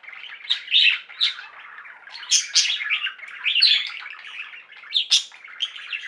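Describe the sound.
Budgerigar warbling chatter, a dense stream of scratchy notes punctuated by loud, shrill squeaks at irregular moments.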